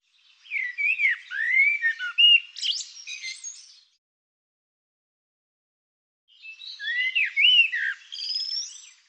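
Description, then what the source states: Bird song in two bursts of about three seconds, each a jumble of slurred whistles, rising and falling notes and buzzy chatter, with a silent pause between. Bird labelled "Tu Me".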